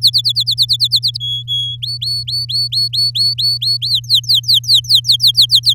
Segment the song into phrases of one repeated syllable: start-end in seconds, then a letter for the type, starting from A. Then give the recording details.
0.01-1.18 A, 1.20-1.77 B, 1.82-3.77 C, 3.81-5.74 D. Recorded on 7 May 2018 at 14:04. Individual llb16